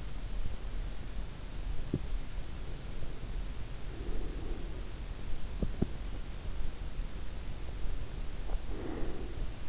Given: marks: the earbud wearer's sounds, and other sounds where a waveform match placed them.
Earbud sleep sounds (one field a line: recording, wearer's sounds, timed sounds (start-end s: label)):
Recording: sounds in sleep by an in-ear microphone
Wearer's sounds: teeth grinding, breath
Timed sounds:
1.80-2.15 s: teeth grinding
3.65-4.92 s: breath
5.53-5.92 s: teeth grinding
8.49-9.69 s: breath